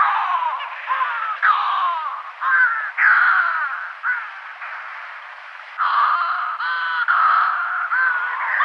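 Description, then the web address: Yelkouan shearwater calling: raspy, moaning cackles in overlapping phrases with wavering harmonic notes, continuing with only short gaps. "Schulze Peter Yelkouan Shearwater"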